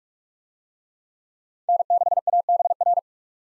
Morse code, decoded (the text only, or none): N6ABR